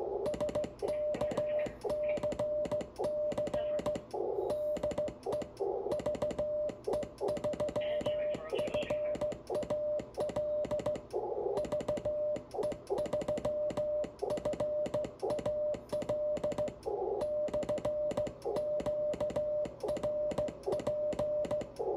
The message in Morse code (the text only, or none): SKCC DE VE3FAL VE3FAL /QRP